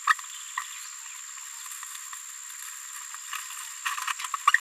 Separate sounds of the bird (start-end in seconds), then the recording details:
0.07-0.15, 4.08-4.12. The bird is a female. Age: 26 days. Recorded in a nest box in Venezuela. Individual 17B73B3